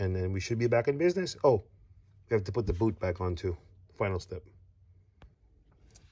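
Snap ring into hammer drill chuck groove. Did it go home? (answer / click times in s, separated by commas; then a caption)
yes / 5.2 s. Someone talks while reassembling the chuck of a Hilti TE7 hammer drill, pressing a metal snap ring back into its groove to hold the quick-release parts. A single sharp click is heard at 5.2 s as the snap ring seats in the groove and is in place.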